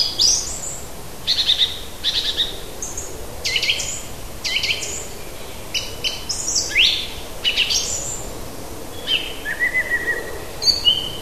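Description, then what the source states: Bird song: a lively mix of sharp chirps and short trills, with one rising note, over faint outdoor background noise. Native bird, recorded in June, forest.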